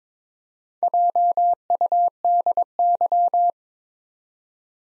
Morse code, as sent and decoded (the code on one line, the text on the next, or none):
.--- ..- -.. -.--
JUDY